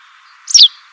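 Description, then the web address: White wagtail call: a single short, sharp high chirp over a faint steady hiss. "Bird Only More Classes"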